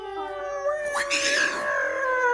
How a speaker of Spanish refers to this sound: Los gatos maullan.